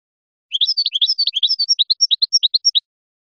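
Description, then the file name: European goldfinch singing a rapid tinkling twitter of high chirps, crowded at first and then spaced into alternating high and lower notes. "audio burung goldfinch"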